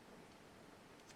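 A large replacement blade is being handled into the metal blade holder of a Milwaukee Fastback folding utility knife while the release button is pressed. Only steady, broadband, hiss-like noise with faint rustling is heard, with no distinct click or sudden sound. Nothing has seated or clicked yet.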